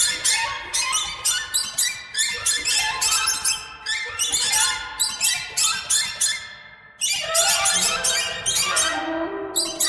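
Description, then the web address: Birds chattering in rapid squeaky bursts, with a short dip in the din before it swells again. "soundfactory birds"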